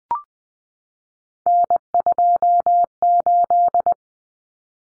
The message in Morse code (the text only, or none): N28